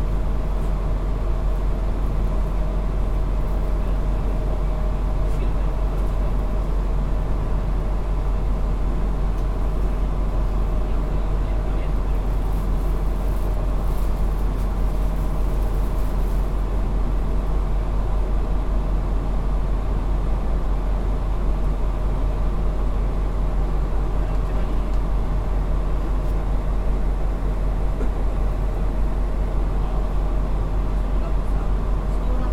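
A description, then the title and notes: A local train on the Kyudai line rolls along with a steady, heavy low rumble that holds constant for the whole stretch. Faint voices seem to sit underneath, and a brief brighter hiss rises around the middle before fading back into the drone. JR九州 200系気動車の走行音です。 久大線の普通列車で録音しました。 区間は、大分から賀来までです。 I recorded on a local train of Kyudai line.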